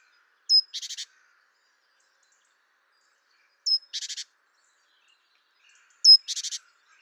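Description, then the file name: Great tit calling three times, each a sharp high whistled note leading into a rapid buzzy chatter of about four harsh notes, a few seconds apart. "Parus major"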